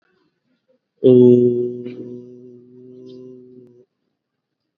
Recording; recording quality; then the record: sustained vowel as in boot; excellent, no background noise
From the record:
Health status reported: COVID-19 positive, mild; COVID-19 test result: positive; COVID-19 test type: RT-PCR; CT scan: not taken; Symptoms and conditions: cold, sore throat, fever, fatigue, muscle pain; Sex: male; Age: 36 years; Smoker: no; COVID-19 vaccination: both doses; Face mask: worn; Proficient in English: yes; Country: India